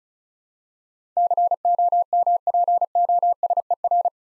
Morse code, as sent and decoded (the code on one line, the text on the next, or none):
-.-. --- -- .--. --- ... . .-.
COMPOSER